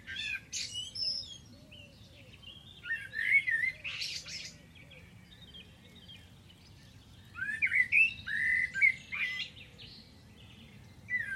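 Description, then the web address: Bird song with sharp squeaky notes and a buzzy burst early, a long quiet stretch, then a lively run of rising chirps and whistles. "Deverinetal. Bird Only"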